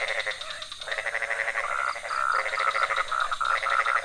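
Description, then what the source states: Frogs calling in a dense chorus of rapid pulsed croaks, with clearer tonal notes joining after the first second and a half and continuing steadily. Several frog species calling at night in a pond near a hotel in Ubud, Bali, Indonesia; recorded with Sony PCM D50, Rode NT4 and Rode boompole.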